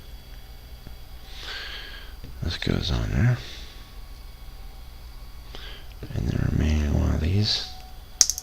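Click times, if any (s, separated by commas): 8.2 s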